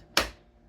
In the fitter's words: You'll hear it click. You know it's locked in.